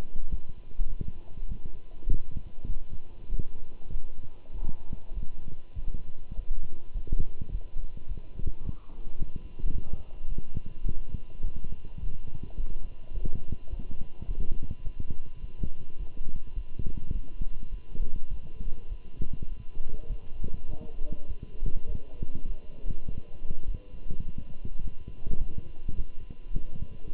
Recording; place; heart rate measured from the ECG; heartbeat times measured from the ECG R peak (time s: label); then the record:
heart sounds by stethoscope; between the tricuspid and mitral areas; 103 bpm
0.31 s: heartbeat
0.88 s: heartbeat
1.48 s: heartbeat
2.09 s: heartbeat
2.68 s: heartbeat
3.28 s: heartbeat
3.91 s: heartbeat
4.53 s: heartbeat
5.14 s: heartbeat
5.76 s: heartbeat
6.36 s: heartbeat
6.94 s: heartbeat
7.51 s: heartbeat
8.08 s: heartbeat
8.64 s: heartbeat
9.19 s: heartbeat
9.74 s: heartbeat
10.29 s: heartbeat
10.86 s: heartbeat
11.43 s: heartbeat
12.01 s: heartbeat
12.57 s: heartbeat
13.14 s: heartbeat
13.70 s: heartbeat
14.28 s: heartbeat
14.84 s: heartbeat
15.41 s: heartbeat
15.99 s: heartbeat
16.55 s: heartbeat
17.13 s: heartbeat
17.71 s: heartbeat
18.30 s: heartbeat
18.89 s: heartbeat
19.49 s: heartbeat
20.09 s: heartbeat
20.68 s: heartbeat
21.28 s: heartbeat
21.88 s: heartbeat
22.47 s: heartbeat
23.08 s: heartbeat
23.67 s: heartbeat
24.25 s: heartbeat
24.83 s: heartbeat
25.39 s: heartbeat
25.96 s: heartbeat
26.54 s: heartbeat
27.12 s: heartbeat
From the record:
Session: walking at 3.7 km/h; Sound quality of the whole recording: good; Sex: male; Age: 24 years